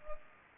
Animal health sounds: mosquito wingbeat signal from an infrared sensor; Culex pipiens

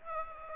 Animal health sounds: mosquito wingbeat signal from an infrared sensor; Aedes aegypti

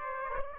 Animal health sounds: mosquito wingbeat signal from an infrared sensor; Aedes aegypti

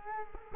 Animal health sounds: mosquito wingbeat signal from an infrared sensor; Culex quinquefasciatus

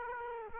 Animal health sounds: mosquito wingbeat signal from an infrared sensor; Aedes aegypti

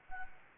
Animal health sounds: mosquito wingbeat signal from an infrared sensor; Anopheles arabiensis

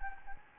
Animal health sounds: mosquito wingbeat signal from an infrared sensor; Anopheles gambiae

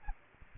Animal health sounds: mosquito wingbeat signal from an infrared sensor; Aedes aegypti

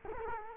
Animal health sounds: mosquito wingbeat signal from an infrared sensor; Culex quinquefasciatus

